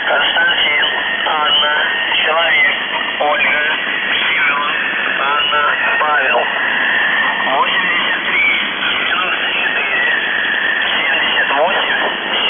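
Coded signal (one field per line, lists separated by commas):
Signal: numbers station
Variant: UVB-76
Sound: a voice speaking over noisy shortwave radio, with no buzz heard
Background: radio static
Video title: The Buzzer/UVB-76(4625Khz) November 18, 2021 Voice messages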